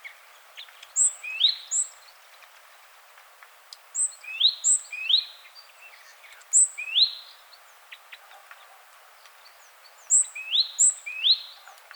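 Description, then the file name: Great tit calls: paired notes, a high thin note followed by a lower one, given in irregular clusters, with faint background clicks. "Parus major"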